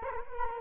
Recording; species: mosquito wingbeat signal from an infrared sensor; Culex quinquefasciatus